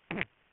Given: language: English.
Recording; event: throat vibration sensor signal played as sound; throat clearing